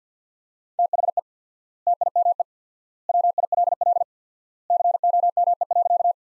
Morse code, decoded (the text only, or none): THE TIME WILL COME.